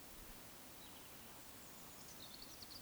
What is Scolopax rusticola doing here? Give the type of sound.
croak